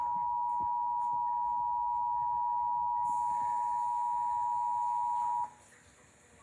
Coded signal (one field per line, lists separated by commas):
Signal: Emergency Alert System (SAME) tones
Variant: 853 and 960 Hz attention tone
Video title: EAS Test For Los Angeles #6 (11/26/2024)